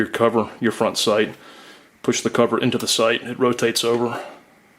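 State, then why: Not seated. Someone talks while the front sight cover on an RPG sk 75 rocket launcher is handled, being pushed over the sight and rotated toward its closed position. No click or snap is heard, and the cover has not yet seated.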